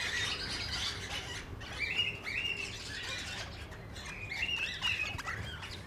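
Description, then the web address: Parrots giving soft chirps and short warbles, a thin continuous chatter from several birds with occasional brighter notes. Parrots (plural) at Nyíregyháza Zoo, recorded in 2010, on top of the green pyramid. "nyiregyhazizoo 2010 standardt madarak papagajokazoldpiramistetejen"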